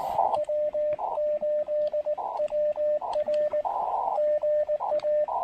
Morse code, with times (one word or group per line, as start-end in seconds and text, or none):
0.4-3.6 W8WR
4.2-5.2 GA